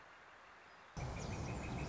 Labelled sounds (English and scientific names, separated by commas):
Northern Flicker (Colaptes auratus)